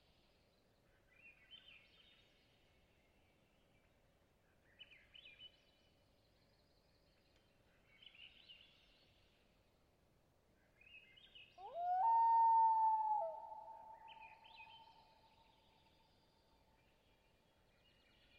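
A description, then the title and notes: Springtime Alaskan boreal taiga at twilight: a bird sings short, bright phrases about every three seconds over a low, steady hum. Near the twelve-second mark a loud, sustained, howl-like call rises and holds, then fades, while the bird keeps singing. I spent a night in a bed of moss, listening to the sounds of Springtime Alaskan boreal taiga in the twilight. Location: Long Lake, Talkeetna, AK Weather: variable over the course of the night, 49-61°F, light to no wind. Geophony: Clear lake in a hilly boreal taiga, dominated by White Spruce. Long Lake, a mid-night chorus.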